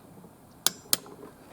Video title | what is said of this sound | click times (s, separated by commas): Mercury ProXS 115 - How To Change the Spark Plugs | 20 ftlb of torque we're just going to listen for the magic click | 0.7 s, 0.9 s